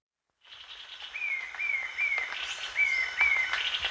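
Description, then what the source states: Short-tailed babbler giving a run of sharp downslurred whistled notes, two or three per second, against buzzing insects and a noisy forest backdrop. At Danum on 1 March 2008.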